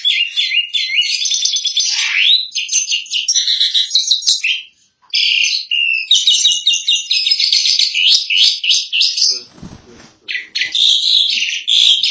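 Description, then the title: Starling song, a long run of rapid chattering, trilled and whistled notes with quick rising slurs, pausing briefly near the middle. "Jalak01"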